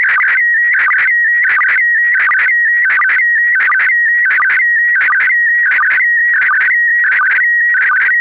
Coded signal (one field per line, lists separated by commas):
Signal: SSTV (slow-scan television)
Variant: PD 90